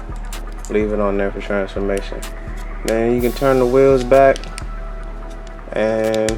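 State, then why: Not seated. Plastic wheel parts on a Transformers Legacy United Leader Class Sandstorm toy figure are turned back toward the pegs they lock onto, with light plastic taps and handling noise while someone talks. Nothing has seated or clicked yet; the clip ends just before the wheels go home on the pegs.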